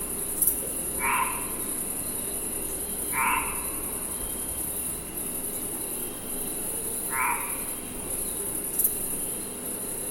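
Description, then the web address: Insects at night: an even, high-pitched drone continues without pause, with three brief lower chirps spaced a few seconds apart over a steady hiss. "insects night loopable"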